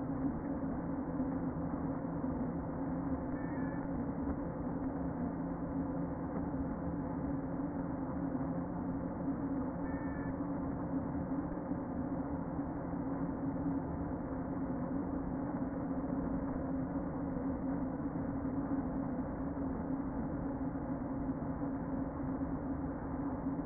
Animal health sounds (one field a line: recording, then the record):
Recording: honeybee colony, microphone inside the hive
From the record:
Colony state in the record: queen present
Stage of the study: before two queens were removed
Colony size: about 60,000 bees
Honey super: yes